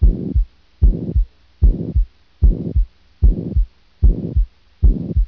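Adult heart sounds heard through a stethoscope, about 75 beats per minute.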